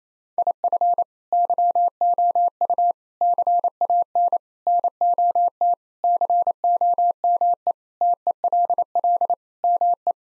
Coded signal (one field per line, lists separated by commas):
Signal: Morse code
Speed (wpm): 27 wpm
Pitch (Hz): 700 Hz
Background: none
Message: IF YOU CAN NOT COME TELL ME